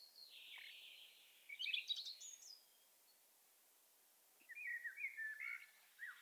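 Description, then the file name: Common blackbird producing a hoarse, high twittering phrase, then after a pause a lower warbled phrase, with steady background hiss. "Turdus merula"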